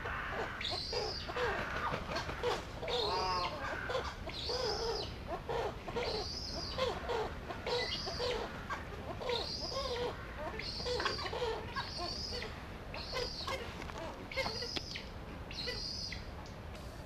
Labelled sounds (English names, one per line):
Western Swamphen call